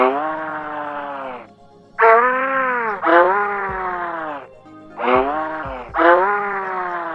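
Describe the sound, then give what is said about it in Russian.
A toadfish calling underwater: five hoarse, droning hoots, each about a second long, rich and buzzy like a low steamship horn, repeating in loose rhythm with short gaps between. “Жаба-рыба хрипло ворчит. Или издает звуки, напоминающие тихие гудки пароходов.”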